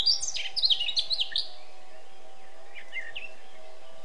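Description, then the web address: Eurasian blackcap song, a rapid, jumbled warble at the start, then a few softer notes, with a constant low hum throughout. "SETE data Sylvia atricapilla"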